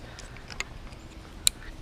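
A plastic electrical connector is pushed home on the ignition wiring of a Suzuki 70 hp 4-stroke outboard engine being winterized after routine maintenance. A faint tick comes at 0.6 s over quiet background noise, then a sharp, bright latch click at 1.5 s. The connector is seated and the ignition is back on.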